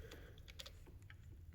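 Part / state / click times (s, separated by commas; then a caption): wire terminal pin into ignition coil pack connector housing / not seated / none. A crimped wire terminal pin is pushed into the back of a new Audi/VW ignition coil pack connector housing. Only quiet handling is heard: faint plastic-like ticks around 0.1 s, 0.6 s and 0.7 s over a low steady background. The terminal has not seated or clicked into place yet.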